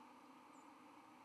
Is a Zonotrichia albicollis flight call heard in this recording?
yes